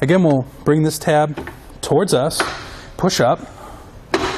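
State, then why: Seated. A Kuat NV 2.0 platform bike rack for 2 bikes, mounted on a 2014 Buick Enclave, has its release tab pulled toward the person and is pushed up to fold against the vehicle while someone talks. The folding latch locks into the stowed upright position with a loud, sharp click at 4.1 s, and the rack is seated.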